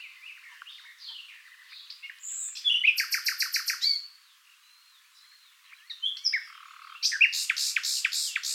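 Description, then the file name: Common nightingale song: varied short phrases with a rapid burst of loud repeated clicking notes, a pause, then another fast repeated series. "Luscinia megarhynchos"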